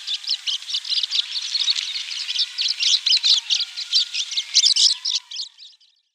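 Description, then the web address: Eurasian crag martin song: a fast, continuous twittering of dry chirps and scratchy notes, steady for about five seconds before fading out. "Schulze Peter Eurasian Crag-Martin song"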